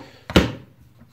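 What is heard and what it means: A TPU grip strap's plastic locking clip at the bottom of a PICO 4 VR controller grip is pressed down. A short plastic tap at 0.3 seconds is followed by a sharp, louder click at 0.4 seconds that rings out briefly. The bottom clip locks and is seated.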